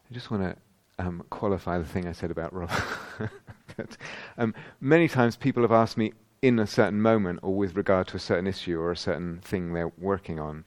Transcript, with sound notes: I just want to qualify the thing I said about Robert. [laughs] Many times, people have asked me, in a certain moment, or with regard to a certain issue or a certain thing they're working on,